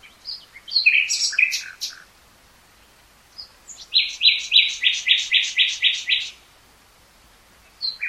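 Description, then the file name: Common nightingale song: a jumble of sharp chirps, a pause, then a steady chugging series of many loud repeated notes. "Luscinia megarhynchos"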